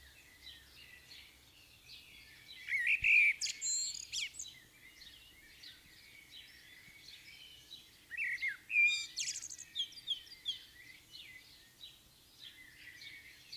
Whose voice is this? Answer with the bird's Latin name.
Turdus merula